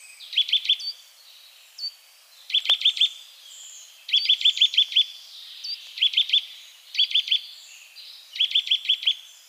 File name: Sittelle torchepot